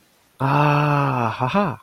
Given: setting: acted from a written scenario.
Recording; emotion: vocal sound without words; interest